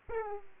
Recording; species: mosquito wingbeat signal from an infrared sensor; Aedes aegypti